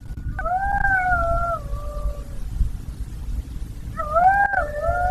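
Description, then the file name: Golden jackal howling: a long wavering wail that drops in pitch and fades, a pause, then another rising, quavering howl begins. "Szakal zlocisty"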